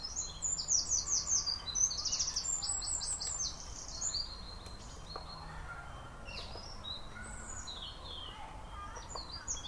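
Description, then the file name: Eurasian wren singing a fast, shrill burst of high trilled notes lasting several seconds, then softer scattered high chirps over a faint background hiss. "Winterkoning - Troglodytes troglodytes"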